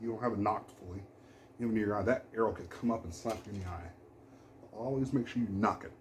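Someone talks while an arrow's plastic nock is handled at the bowstring, about to be pushed on until it snaps into place. The click marks the arrow as fully nocked and safe to shoot, but nothing has seated or clicked yet in this clip.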